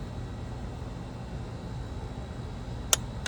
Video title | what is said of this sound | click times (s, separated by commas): PUMALYA ANG ATING SASAKYAN ANONG DAHILAN - CARZ STYLE TV | Yun, okay. Nag-click na. 18 foot-pounds. | 2.9 s